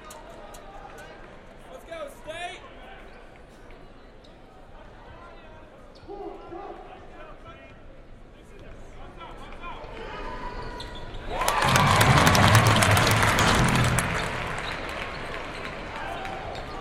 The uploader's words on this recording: American student basketball game in stadium - Binaural field composition Austin, Texas 2011. Game: Texas-Texas State. This is a binaural audio recording.